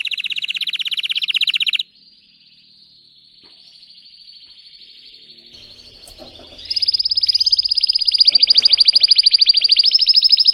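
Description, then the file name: Canary song: a rapid trill, then a long stretch of soft thin warbling, then a loud, fast, high trill to the end. Song of a red frosted Belgian canary. "canto do canario belga vermelho nevado"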